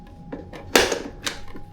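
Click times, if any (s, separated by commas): none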